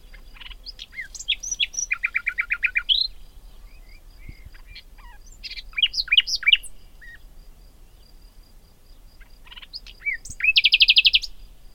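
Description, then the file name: Common nightingale song: a fast run of repeated notes, a cluster of sharp high notes, then a harsh buzzy trill near the end. "Luscinia megarhynchos"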